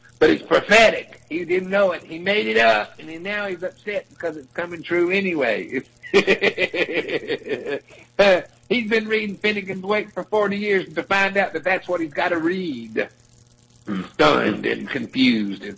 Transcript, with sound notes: But it’s prophetic. He didn’t know it. He made it up and then now he’s upset because it’s coming true anyway. [laughs] He’s been reading "Finnegans Wake" for 40 years to find out that that’s what he’s gotta read. Stunned and confused.